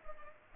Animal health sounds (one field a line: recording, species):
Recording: mosquito wingbeat signal from an infrared sensor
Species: Culex pipiens